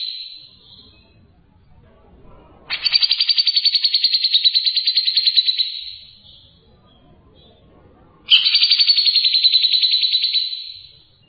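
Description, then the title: Bird song: two long, high buzzy trills, each starting abruptly and slowly fading over about three seconds, separated by a quiet gap with faint low rustling. "burung online"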